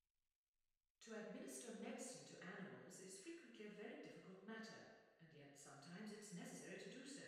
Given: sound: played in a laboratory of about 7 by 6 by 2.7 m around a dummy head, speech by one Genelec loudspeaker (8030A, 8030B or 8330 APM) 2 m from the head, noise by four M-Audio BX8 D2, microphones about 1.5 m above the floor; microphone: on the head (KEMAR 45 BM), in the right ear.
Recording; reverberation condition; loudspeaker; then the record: female speech in English; high; 30 degrees to the left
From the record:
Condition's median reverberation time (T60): about 1300 ms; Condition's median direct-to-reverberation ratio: about -4.0 dB